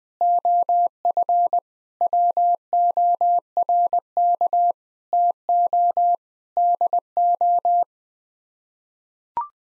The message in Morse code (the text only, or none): OF WORK TO DO